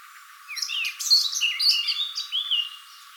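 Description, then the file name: Eurasian blackcap singing a brief, rich warbling phrase of quick varied notes and fluty slurs, lasting about two seconds. "Sylvia atricapilla"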